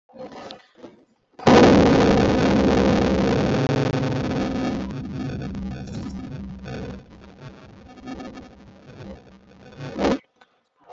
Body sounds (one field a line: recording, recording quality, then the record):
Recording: sustained vowel as in boot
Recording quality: poor, much background noise or distortion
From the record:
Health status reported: respiratory illness, not identified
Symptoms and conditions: asthma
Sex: male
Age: 36 years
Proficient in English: yes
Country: India